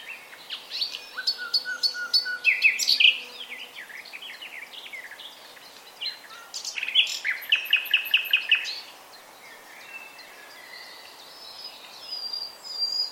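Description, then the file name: Common nightingale song: varied phrases of sharp chips, rapid repeated notes and whistled trills in bursts, with pauses between phrases. "Luscinia megarhynchos"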